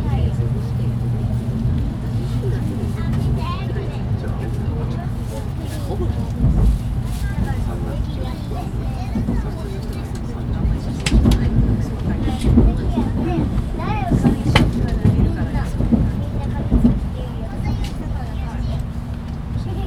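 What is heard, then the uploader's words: Inside a bullet train, a steady low rumble and hum fill the cabin throughout, with a constant bright hiss above. Indistinct voices murmur, and sharp clicks and knocks come through now and then, more often in the second half. Internal Shinkansen Sound - Tokyo to Nagano. Sound recorded with Zoom H2N in 2 channel surround mode.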